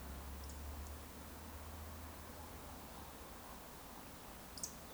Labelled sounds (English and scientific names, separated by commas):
Eurasian Woodcock (Scolopax rusticola) whistle, Eurasian Woodcock (Scolopax rusticola) croak